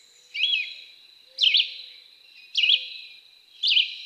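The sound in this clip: Red-eyed Vireo song: four short whistled phrases, each a quick rising-falling slur, spaced about a second apart, with a faint low hum and high hiss.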